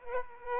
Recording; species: mosquito wingbeat signal from an infrared sensor; Aedes aegypti